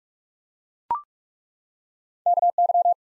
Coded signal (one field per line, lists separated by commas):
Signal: Morse code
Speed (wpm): 43 wpm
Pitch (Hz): 700 Hz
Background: none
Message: KY